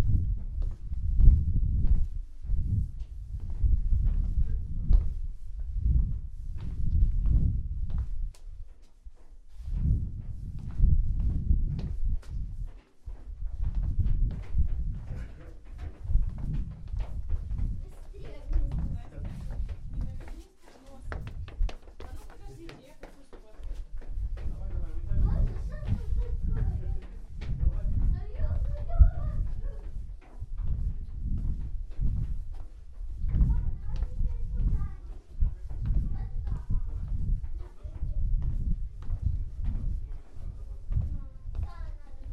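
A walk through Prague from the Castle toward Charles Bridge, dominated by a heavy low rumble that swells and dips in uneven bursts, with thudding steps. Faint voices drift in from about halfway on, along with scattered clicks and knocks.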